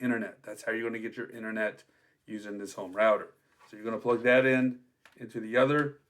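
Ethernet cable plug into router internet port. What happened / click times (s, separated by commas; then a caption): Handled, not yet home: no seating click heard, only speech / none. A man talks while handling the RJ45 plug of a Cat 5e Ethernet cable, about to push it into the internet port on the back of a home router. Only his speech is heard, with pauses around 2 and 5 seconds. Nothing has seated or clicked yet.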